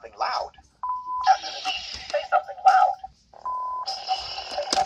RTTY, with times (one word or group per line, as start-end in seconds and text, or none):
none